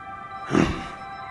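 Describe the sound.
Dog giving one short, rough bark that breaks out suddenly against a steady humming background.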